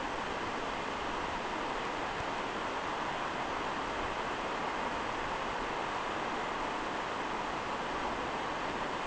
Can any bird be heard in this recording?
no